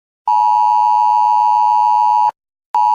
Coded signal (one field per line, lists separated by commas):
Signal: Emergency Alert System (SAME) tones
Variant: 853 and 960 Hz attention tone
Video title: Emergency Alert System Samara Morgan